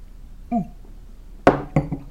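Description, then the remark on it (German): Glasses clink together in a toast: a sharp, bright ringing strike, then two quicker, lighter clinks in close succession, with a faint murmur just before and no clear speech. “Prost, Garderobenknecht. Prost, Magazinwürmchen.”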